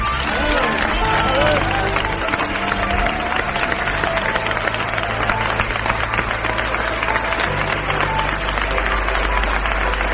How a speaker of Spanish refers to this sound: También un fuerte aplauso, por favor, para el sacerdote y psiquiatra Damian Carras